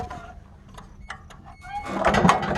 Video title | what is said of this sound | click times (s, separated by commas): Why i love my Woodmizer sawmill | it locks into place now | 2.3 s